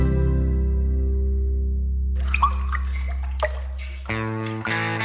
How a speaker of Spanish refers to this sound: Repara los grifos. Una gota por segundo son 30 litros de agua perdida al día.